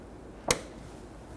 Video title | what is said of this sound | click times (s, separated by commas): How to Replace Interior Door Handles 1992-1996 Toyota Camry | once you see that and hear it click use your trim tool | 0.5 s